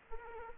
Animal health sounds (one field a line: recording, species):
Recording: mosquito wingbeat signal from an infrared sensor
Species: Aedes aegypti